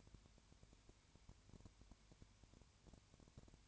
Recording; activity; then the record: daily activity, microphone in the room; no activity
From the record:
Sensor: 2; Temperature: 20.3 degrees Celsius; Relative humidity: 33.8%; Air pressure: 1003.1 hPa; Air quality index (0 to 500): 82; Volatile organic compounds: 1 ppm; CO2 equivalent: 786 ppm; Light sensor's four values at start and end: 2/3/2/2 and 2/3/2/2